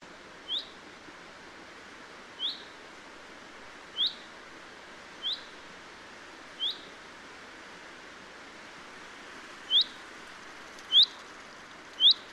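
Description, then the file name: Common chaffinch calling repeatedly, a brief sharp descending note given eight times at uneven intervals of one to three seconds, against a constant low hiss. "Fringilla coelebs"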